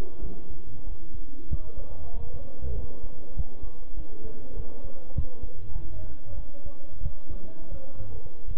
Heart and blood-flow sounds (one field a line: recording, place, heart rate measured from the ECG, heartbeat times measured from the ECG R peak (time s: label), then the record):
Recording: heart sounds by stethoscope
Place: between the tricuspid and mitral areas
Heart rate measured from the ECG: 94 bpm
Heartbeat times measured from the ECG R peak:
0.22 s: heartbeat
0.87 s: heartbeat
1.50 s: heartbeat
2.14 s: heartbeat
2.76 s: heartbeat
3.36 s: heartbeat
3.97 s: heartbeat
4.57 s: heartbeat
5.16 s: heartbeat
5.75 s: heartbeat
6.37 s: heartbeat
7.03 s: heartbeat
7.72 s: heartbeat
8.48 s: heartbeat
From the record:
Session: bicycle stress test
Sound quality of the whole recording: good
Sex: male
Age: 23 years